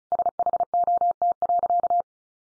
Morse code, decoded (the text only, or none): SHOT.